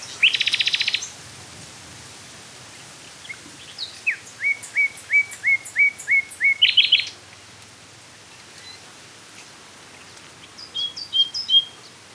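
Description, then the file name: Common nightingale song: a harsh dense burst, then about six evenly repeated whistles, a rapid rattle, a pause, and later some thin high notes. "Luscinia megarhynchos"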